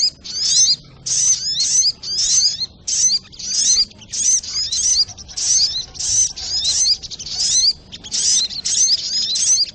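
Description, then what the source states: Crimson sunbird delivers a long run of shrill, squeaky twittering phrases, around fifteen short bursts of sliding high notes with tiny gaps between. Bird song used as masteran for teaching songbirds, Labaik variant.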